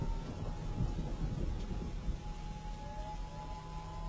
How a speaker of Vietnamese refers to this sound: Đêm hôm mưa gió, sấm đánh đình đùng như là chống duyệt binh.